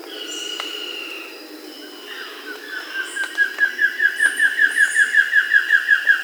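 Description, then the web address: Buff-throated woodcreeper song: a rapid series of repeated clear notes begins and grows louder. Amazon region of Peru. "Natures Songs S America Birds of the Amazon 2. Buff-throated Woodcreeper (Xiphorhynchus guttatus), Peru"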